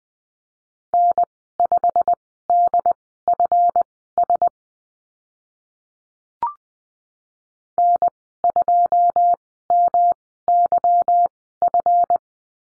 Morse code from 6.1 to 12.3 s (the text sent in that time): N2MYF